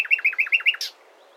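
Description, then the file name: Common nightingale phrase: about six quick, repeated two-part chirping notes in a steady rhythm, ending with a short harsh burst. "Luscinia megarhynchos"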